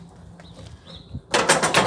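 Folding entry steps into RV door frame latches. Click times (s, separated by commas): 1.3 s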